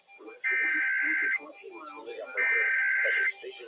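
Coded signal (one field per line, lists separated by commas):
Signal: Emergency Alert System (SAME) tones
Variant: header bursts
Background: speech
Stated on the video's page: 2023 National EAS test received on KNOW and WCCO.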